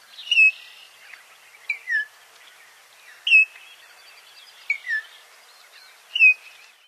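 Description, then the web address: Altamira oriole song: short whistled notes and slurred pairs at intervals, over faint background hiss. "Songs of Birds of North America Western USA Songbirds 2-38 g-Altamira Oriole"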